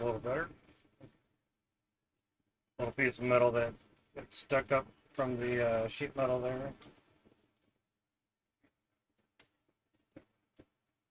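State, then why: Stripped. A screw is driven into the sheet-metal threads of a PC case during a case swap from a Fractal Meshify to a Lian Li Lancool 216, where a small burr of sheet metal sticks up. Someone talks for most of the clip, then after a quiet stretch two faint, sharp clicks sound at about 9.4 s and 10.2 s. The case screw thread strips out quickly.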